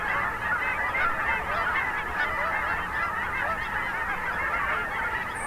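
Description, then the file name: Goose: geese calling in a steady massed chorus, many overlapping honks blending into a constant nasal din, with a brief high chirp near the end. Flock of geese at a national wildlife refuge in Oregon, USA. "Geese at Finley National Refuge Oregon"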